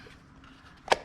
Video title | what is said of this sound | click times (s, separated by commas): How to Fix the Ego Auto Load Feature and Bump Feed Problems | there's two. You'll hear it click. | 0.9 s